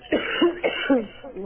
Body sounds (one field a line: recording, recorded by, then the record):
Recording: voluntary cough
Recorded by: telephone call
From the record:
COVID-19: positive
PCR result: checked with the laboratory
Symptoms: yes